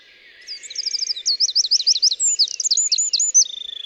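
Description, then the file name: Eurasian wren song: a fast, high jumble of sharp trills and rapid repeated notes, rattling on for over three seconds and ending in a buzzy trill. "Troglodytes troglodytes"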